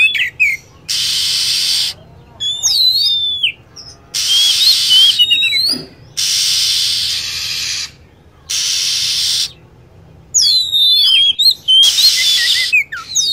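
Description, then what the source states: Lovebird calls: piercing looping squeaks and rapid chirps, alternating with loud stretches of dense, hissing high-pitched chatter. Lure sound used to attract lovebirds.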